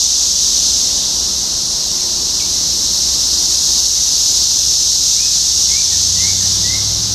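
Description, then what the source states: Cicada chorus as a constant high hiss, with a handful of short rising chirps from another caller toward the end. Cicadas in Topeka, Kansas, on 14 June 2015.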